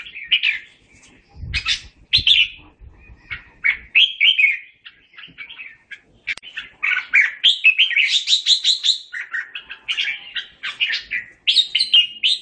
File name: Tieng chim Chao Mao hot goi bay